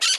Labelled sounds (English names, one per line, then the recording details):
Brown-throated Parakeet contact call
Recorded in Margarita
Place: San Francisco, near stadium
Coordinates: 11.018, -64.294